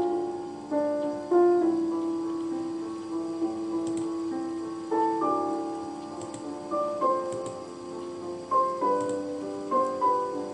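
Gentle piano notes ring out one at a time, sustaining and overlapping, with soft new strikes every second or so over a faint steady hiss.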